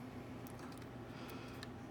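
The plastic body shell of an N scale model locomotive is slid back over its chassis and pressed down after a drop-in DCC decoder has been fitted. Faint plastic handling noises and two small ticks near 0.5 and 1.6 seconds sit over a steady low hum. Nothing has seated or clicked into place yet.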